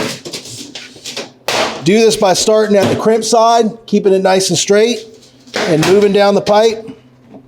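Someone talks while handling the lengthwise pipe-lock seam of a sheet-metal round duct, which is pressed together starting at the crimped end and worked down the pipe so it stays straight. A few short handling knocks are heard early on, the loudest near 1.5 s. Nothing has snapped shut or seated yet.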